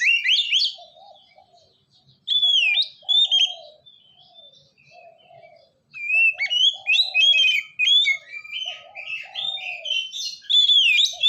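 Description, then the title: Oriental magpie-robin singing varied whistles and slurred notes in bursts. "kacer"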